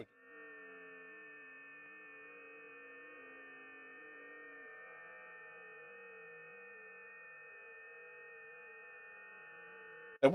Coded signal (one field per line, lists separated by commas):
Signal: FT8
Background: speech